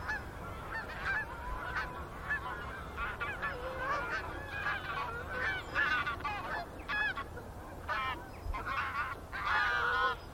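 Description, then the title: Goose: geese honking, a chorus of overlapping calls with clearer individual honks standing out, louder toward the end, over a low background rumble. Gaggles of geese in fields by the River Thame, England, UK, morning of 23 September 2023, excited by the amount of water across the flooded meadows. "Gaggles of geese, River Thame, England, UK on 23rd September 2023 – by Paul Ridout"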